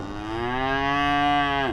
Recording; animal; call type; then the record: contact call of a hoofed animal; cattle; low-frequency (closed-mouth) or high-frequency (open-mouth) call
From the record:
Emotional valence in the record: negative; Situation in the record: full separation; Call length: 1.72 s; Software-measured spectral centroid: 1630 Hz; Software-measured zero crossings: 1750 a second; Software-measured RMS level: -24 dBFS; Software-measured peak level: -11 dBFS